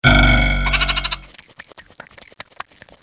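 Sheep bleat: one loud, wavering, harmonic bleat lasting about a second that turns pulsed as it fades, followed by scattered soft clicks and rustling.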